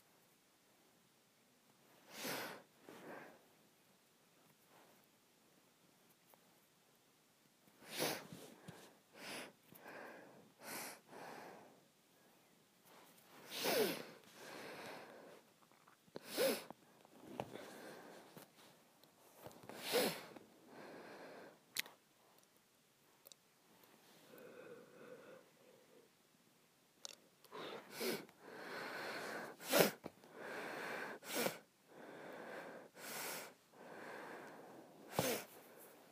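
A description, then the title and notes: Sharp nasal sniffs come in quick bursts and pairs, with short quiet gaps, growing busier and more frequent after about twenty-seven seconds. ASMR Sniffing and Smelling.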